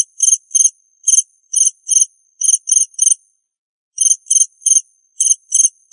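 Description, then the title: Cricket song of brisk, high chirps, with one clear pause midway before the chirps start again. "suara Hujan Guntur Suara Jangkrik Dan Burung"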